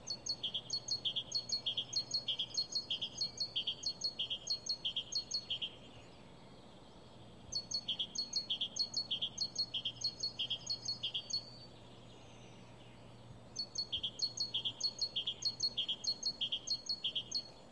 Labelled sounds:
Great Tit (Parus major)
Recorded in the wild
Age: adult
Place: Kärnten, AT
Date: 1972-04-29
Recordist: Brunner, Thomas

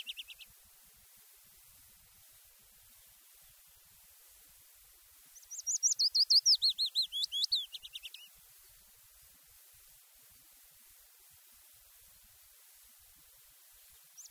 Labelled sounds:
Willow Warbler (Phylloscopus trochilus) song
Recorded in the wild
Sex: male
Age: adult
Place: Erlangen, Bayern, DE
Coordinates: 49.6103, 10.9897
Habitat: heath
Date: 1967-05-10
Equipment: Vollspur, Original
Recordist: Tretzel, Erwin
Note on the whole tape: Wasserwerk-West (Heideland - Ödfläche): Fitis: 20 Strophen - mehrmals eingeschaltet

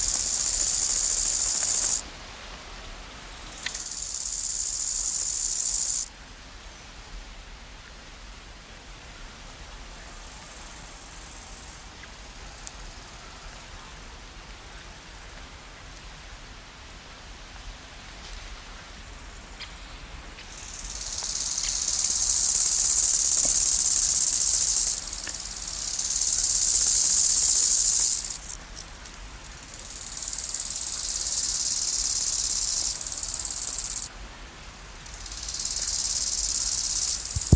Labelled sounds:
Bow-winged Grasshopper (Chorthippus biguttulus) stridulation
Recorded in the wild
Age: imago
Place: Lienen, Nordrhein-Westfalen, DE
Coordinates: 52.1625, 7.96528
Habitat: meadow, clearing
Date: 1991-09-12 10:47
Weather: sunny, 15-21°C
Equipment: Marantz CP 430, Kopie Tesla B 116
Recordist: Tembrock, Günter
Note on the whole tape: Weg in den Teuteburger Wald, dahinter Viehweiden, dann den Weg aufwärts bis zu einer Waldlichtung. Stridulation, mehrere Exemplare, z.T. sehr gut

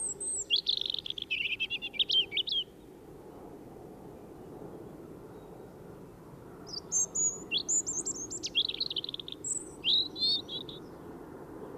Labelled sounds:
European Robin (Erithacus rubecula) song
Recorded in the wild
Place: Kaiserslautern, Rheinland-Pfalz, DE
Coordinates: 49.415, 7.78
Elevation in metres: 457
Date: 1974-03-22
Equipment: Nagra IV, Sennheiser MKH 405, Parabolreflektor
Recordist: Tretzel, Erwin

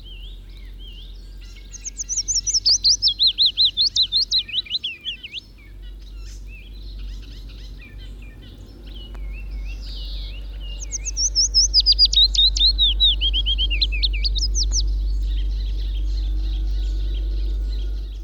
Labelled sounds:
Willow Warbler (Phylloscopus trochilus) song
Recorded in the wild
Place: Bergen, Mecklenburg-Vorpommern, DE
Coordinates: 54.4135, 13.432
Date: 1969-05-31
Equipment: Nagra III BH, Sennheiser MD 21, parabola
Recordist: Schubert, Michael

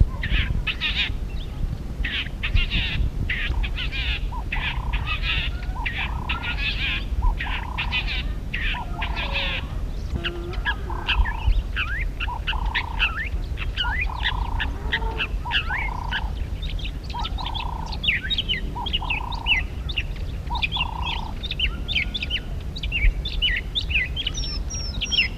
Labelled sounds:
Southern Fiscal (Lanius collaris) call
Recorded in captivity
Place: Farm Komatzas
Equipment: Halbspur, 9,5 cm/s
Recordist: Lütgens, Hans
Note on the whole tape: Rufe

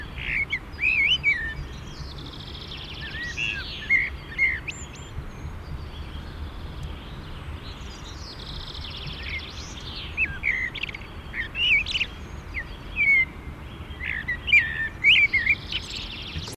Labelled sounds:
Common Blackbird (Turdus merula) song
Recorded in the wild
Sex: male
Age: adult
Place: Garmisch-Partenkirchen, Bayern, DE
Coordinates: 47.4925, 11.0736
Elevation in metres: 708
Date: 1969-04-13
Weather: Schneefall
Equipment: Uher 4000 Report
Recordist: Tretzel, Erwin

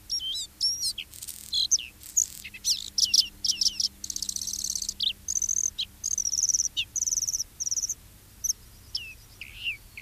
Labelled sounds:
Bluethroat (Luscinia svecica)
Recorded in the wild
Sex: male
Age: diverse
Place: Baiersdorf, Bayern, DE
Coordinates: 49.6647, 11.0231
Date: 1967-06-29
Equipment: Vollspur
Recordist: Tretzel, Erwin
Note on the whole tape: Baiersdorf (Sandgrube) - inzwischen "Baiersdorfer Weiher" oder Angersee: Blaukehlchen: Gesang mit Imitationen: wäd-wäd (Dorngrasmücke), leise Tauchertriller, 1 x Kiebitz, Standortlaute der Jungen und Bettellaute "psirr", kurz Schwalbenzwitschern, Goldammer-Einleitung, pink in der Strophe, kurz vor Ende wird Zeisig imitiert

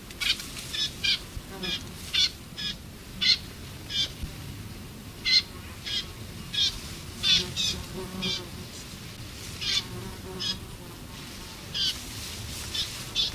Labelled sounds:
Eurasian Reed Warbler (Acrocephalus scirpaceus)
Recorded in the wild
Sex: diverse
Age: diverse
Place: Mühlenbecker See, Brandenburg, DE
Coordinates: 52.6897, 13.395
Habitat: lake
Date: 1967-08-27 13:00
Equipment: Uher 4000 Report Monitor, Sennheiser MD 421, Transistorverstärker 2
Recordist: Tembrock, Günter
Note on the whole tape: Teichrohrsänger: Bettellaute flügger Junger und Stimmfühlungslaute der Altvögel

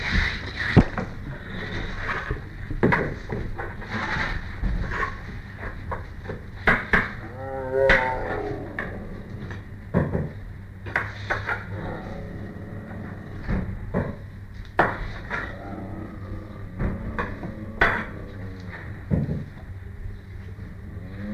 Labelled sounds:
Tiger (Panthera tigris)
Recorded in captivity
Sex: diverse
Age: adult
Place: Tierpark Berlin, Berlin, DE
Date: 1959-07-28
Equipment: Smaragd
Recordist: TSA

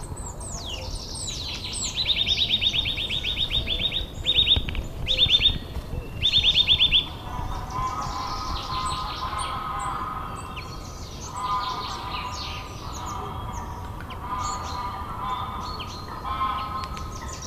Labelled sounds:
Common Chaffinch (Fringilla coelebs)
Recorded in the wild
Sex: male
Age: adult
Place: Schönow, Naturpark Barnim, Brandenburg, DE
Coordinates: 52.6808, 13.5025
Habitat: decidous forest
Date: 2014-03-02
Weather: sunny, 2-3°C, almost no wind
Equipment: Sound Devices 702, Sennheiser MKH 70, Rycote Windschutz
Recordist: Frommolt, Karl-Heinz

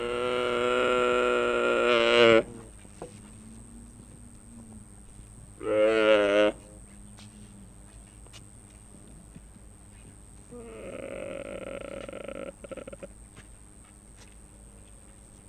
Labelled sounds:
Mule Deer (Odocoileus hemionus) call
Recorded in captivity
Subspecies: hemionus
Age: diverse
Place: Tierpark Berlin, Berlin, DE
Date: 1964-11-08 10:00
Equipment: R 21, Sennheiser MD 421, Vollspur
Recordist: Tembrock, Günter

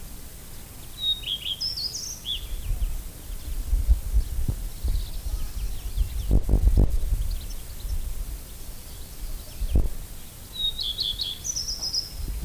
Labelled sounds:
Common Redstart (Phoenicurus phoenicurus) song
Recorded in the wild
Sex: male
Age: adult
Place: Lübars (Fließtal), Berlin, DE
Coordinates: 52.6167, 13.35
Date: 2000-06-04 13:01
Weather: fair, 27°C
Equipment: Nagra SN, Kopie Uher 4000 Report Monitor
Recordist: Tembrock, Günter

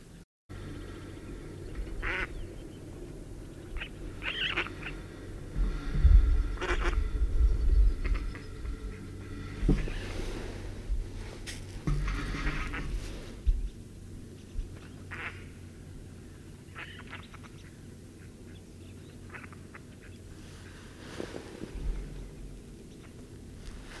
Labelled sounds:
Mallard (Anas platyrhynchos) call
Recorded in the wild
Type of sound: call
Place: Rhinluch, Brandenburg, DE
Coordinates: 52.817, 12.733
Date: 1971-05-01
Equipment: Nagra III BH, Sennheiser MD 21, parabola
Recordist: Schubert, Michael
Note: Reihflug Stockente, kräftige Rufe

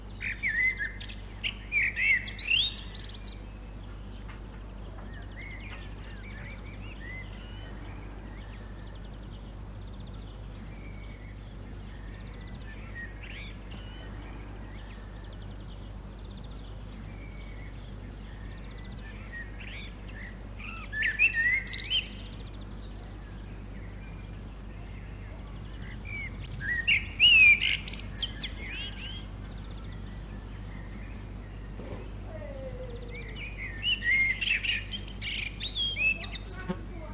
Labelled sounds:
Common Blackbird (Turdus merula) song
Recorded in the wild
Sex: male
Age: adult
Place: Lübars, Benekendorffstraße, Berlin, DE
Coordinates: 52.6167, 13.3469
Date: 2004-06-27 15:31
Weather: overcast, 20°C
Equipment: Sony WM-D6C, Sennheiser ME 80, Kopie Uher 4000 Report Monitor
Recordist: Tembrock, Günter

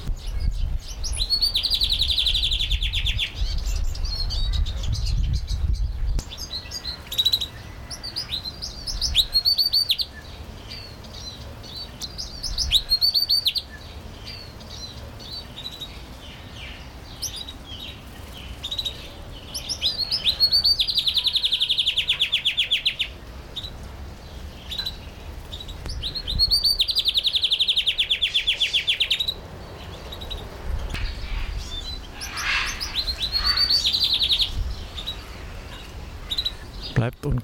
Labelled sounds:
Long-tailed Rosefinch (Uragus sibiricus)
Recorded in captivity
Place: Zoo Berlin, Berlin, DE
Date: 1996-05-05 15:05
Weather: bedeckt, 8°C
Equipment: Sony MD-WM MZ-R3, Sennheiser MKH 416 T, Kopie Uher 4000 Report Monitor
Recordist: Tembrock, Günter

